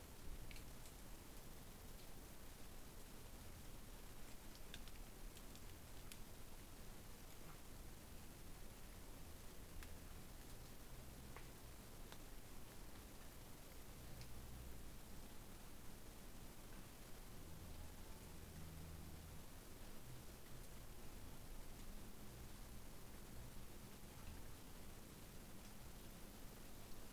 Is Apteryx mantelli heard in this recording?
no